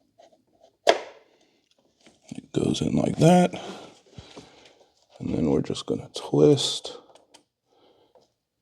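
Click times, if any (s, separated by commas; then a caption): 7.4 s. A billet PCV breather is pressed into its port on an engine valve cover and twisted until its tabs lock it into place. Someone talks through most of the clip, with a sharp knock near 0.9 s. A short, crisp click at 7.4 s marks the breather locking in.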